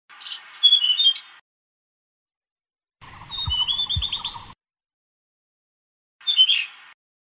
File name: kicau sikatan blue throated. omkicau